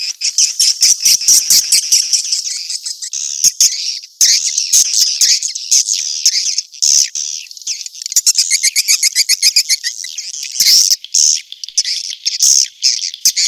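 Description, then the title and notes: Swiftlet chorus of high chirps and rapid pulsed twitters, with a quick buzzy trill in the latter part. Sound used in swiftlet farming in Asia. "Swiflet Bird Sound. Farming Swiflet Bird asia sound"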